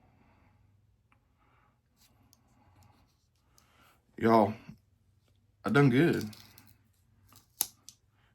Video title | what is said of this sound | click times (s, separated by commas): Mail Calls & Trades | Y'all heard that snap open. | 7.6 s